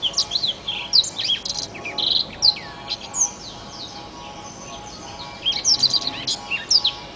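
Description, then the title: Oriental magpie-robin singing a lively medley of high whistles, upslurred and downslurred notes and trills, pausing briefly midway, with a constant background hum. "Kicau Kacer"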